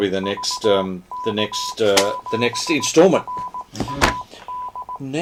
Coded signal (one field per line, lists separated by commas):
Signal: Morse code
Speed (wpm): 18 wpm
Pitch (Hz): 1000 Hz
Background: speech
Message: VK7RAD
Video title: DATV Experimenters Night - Prince Charles on HF + RF Resonance + 3.4GHz tests + much more